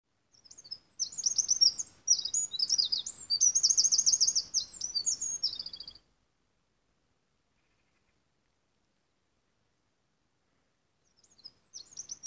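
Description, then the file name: Eurasian wren song: a loud, rapid outpouring of high trills and sharp warbled notes lasting about five seconds, then silence before a new phrase begins. "Troglodytes troglodytes"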